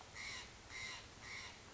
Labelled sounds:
Steller's Jay
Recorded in Sonoma County, California

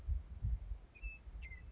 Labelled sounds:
Western Meadowlark
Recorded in Sonoma County, California

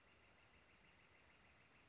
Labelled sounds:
Northern Flicker
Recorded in Sonoma County, California

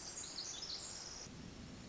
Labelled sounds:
Pacific Wren
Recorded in Sonoma County, California

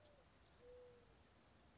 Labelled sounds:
Mourning Dove
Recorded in Sonoma County, California

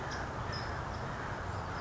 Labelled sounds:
California Towhee
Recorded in Sonoma County, California

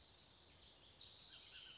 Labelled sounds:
Bullock's Oriole
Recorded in Sonoma County, California

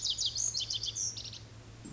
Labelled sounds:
Pacific Wren
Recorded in Sonoma County, California

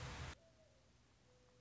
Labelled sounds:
Mourning Dove
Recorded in Sonoma County, California

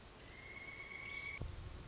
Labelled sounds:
Pileated Woodpecker
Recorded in Sonoma County, California

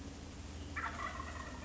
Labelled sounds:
Wild Turkey
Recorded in Sonoma County, California

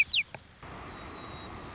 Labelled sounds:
White-crowned Sparrow
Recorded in Sonoma County, California

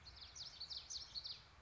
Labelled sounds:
Common Yellowthroat
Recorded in Sonoma County, California

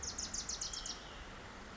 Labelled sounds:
Bewick's Wren
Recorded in Sonoma County, California

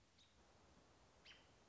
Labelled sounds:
American Robin
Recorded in Sonoma County, California

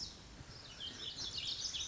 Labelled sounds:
Lazuli Bunting
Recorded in Sonoma County, California

